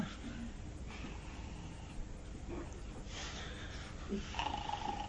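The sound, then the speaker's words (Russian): A voice mimics snoring with rough, raspy breaths and low snorts repeating over about five seconds, steady in loudness and swelling slightly near the end. “Прям с храпом.”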